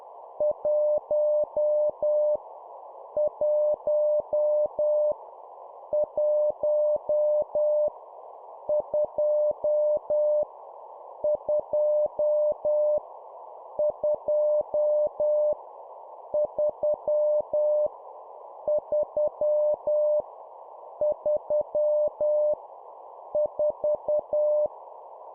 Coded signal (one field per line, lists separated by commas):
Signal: Morse code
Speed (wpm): 10 wpm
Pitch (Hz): 600 Hz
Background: none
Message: 1 1 1 2 2 2 3 3 3 4